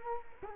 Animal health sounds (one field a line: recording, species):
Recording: mosquito wingbeat signal from an infrared sensor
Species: Culex quinquefasciatus